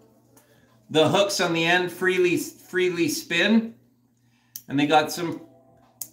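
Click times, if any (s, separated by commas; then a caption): 6.0 s. Someone talks while clipping the metal swivel hook of a shoulder strap onto the strap ring of a JFlowers Trojan 3x4 cue case. A single sharp snap is heard at 6.0 s as the hook locks into place on the ring.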